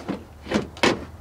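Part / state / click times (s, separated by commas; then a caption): rear bumper cover onto car body clips / seated / 0.8 s. A replacement rear bumper cover is pushed onto the car body until its plastic clips snap home. A soft knock at 0.1 s and a broader rustling thump around 0.55 s come first, then a sharp, loud click at 0.8 s as the cover seats in place.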